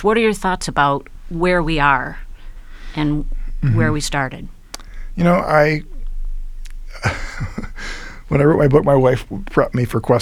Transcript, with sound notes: What are your thoughts about where we are and where we started?.
[LAUGHTER] When I wrote my book, my wife prepped me for questions.